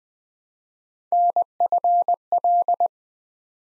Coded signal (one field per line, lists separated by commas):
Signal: Morse code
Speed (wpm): 20 wpm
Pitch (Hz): 700 Hz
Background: none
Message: NFL